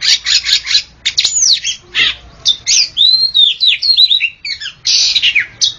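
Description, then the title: Oriental magpie-robin delivering harsh buzzy bursts and sharp chips, then a long clear whistle followed by twisting warbled notes and more rasping phrases. "Kacer"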